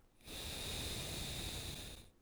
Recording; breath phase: one breath near a microphone; exhalation